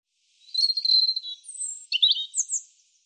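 European robin song: a thin, high warbling phrase with a sustained trilled section, then a break and a quicker run of bright, sliding notes that fades out.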